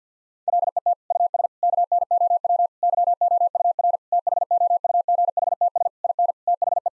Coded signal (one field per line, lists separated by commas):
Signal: Morse code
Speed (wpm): 50 wpm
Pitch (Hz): 700 Hz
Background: none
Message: LET US KNOW YOUR THOUGHTS IN THE